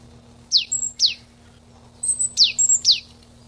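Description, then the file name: Marsh tit giving bright, sharply falling notes mixed with thin level whistles in two quick clusters, with a steady low hum underneath. Recorded 23 April 1992. "23 04 92 Ppalustris"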